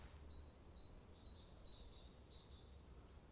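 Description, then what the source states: Short-toed Treecreeper calls: several brief, thin, very high notes spread over about three seconds, faint above a steady low background hum. Very high-pitched call in old hillside woodland in Limburg, heard while the hosts watched the bird they had been searching for.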